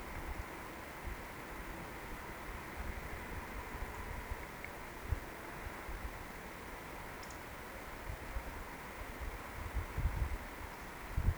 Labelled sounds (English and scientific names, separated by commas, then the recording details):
Eurasian Woodcock (Scolopax rusticola) whistle
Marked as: whistle, whistle, whistle, whistle
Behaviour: display flight
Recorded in Baden-Württemberg, Germany, on 17 June 2020 at 20:21 UTC
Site 14569, 102 m above sea level